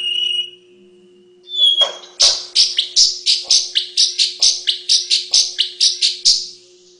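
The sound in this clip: Paradise whydah song, a few thin whistles, then a fast series of harsh, buzzy chattering notes, with a faint steady hum beneath.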